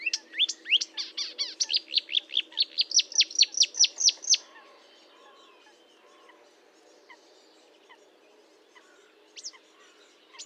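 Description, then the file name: Marsh warbler song, a quick series of rising slurred notes for four seconds, then near quiet with a few faint notes. Recorded at Fontaine-Française (Fourneau), 1 June 2022 at 10:55, with a Nagra recorder and Telinga microphone. "Rousserolle verderolle 1055 Fontaine-Francaise-Fourneau"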